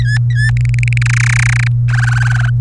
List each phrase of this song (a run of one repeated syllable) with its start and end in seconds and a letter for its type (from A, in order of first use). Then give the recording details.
0.00-0.51 A, 0.57-0.98 B, 1.01-1.68 C, 1.88-2.50 D. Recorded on 24 April 2018 at 17:22. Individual llb3